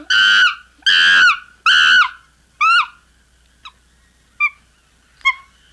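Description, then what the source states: Chimpanzee screaming, four loud harsh shrieks about once a second, then fading into short, quiet falling chirps spaced nearly a second apart. Screams with chirps.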